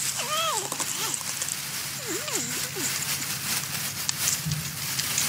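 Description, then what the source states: Porcupine whining calls: short wavering squeals that bend up and down, several in quick succession near the start and again after two seconds, over steady hiss and crackle. In the forest.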